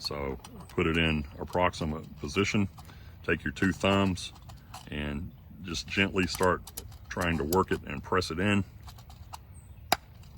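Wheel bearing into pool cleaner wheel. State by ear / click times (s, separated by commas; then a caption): partly seated / 9.9 s. A wheel bearing with a blue keeper is pressed by two thumbs into a plastic wheel from a Polaris 280 pool cleaner while someone talks. A sharp snap is heard at 9.9 seconds. The bearing is only partly seated, since the two pieces have not yet met inside the wheel.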